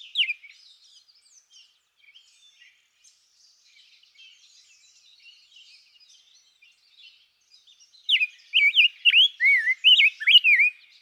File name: Rose-breasted Grosbeak